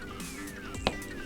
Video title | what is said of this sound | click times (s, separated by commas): How to replace the G5 Deadmeat Blades | snap that blade into place then you're good to go you can go ahead and screw it on your arrow | 0.9 s